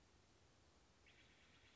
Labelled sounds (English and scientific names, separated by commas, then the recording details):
Steller's Jay (Cyanocitta stelleri)
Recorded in Sonoma County, California